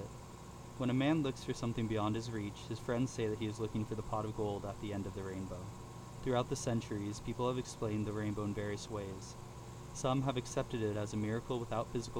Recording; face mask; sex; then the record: reading aloud; surgical mask; male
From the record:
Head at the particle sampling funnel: tilted down, bridge of the nose in front of it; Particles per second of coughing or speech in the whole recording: 0.135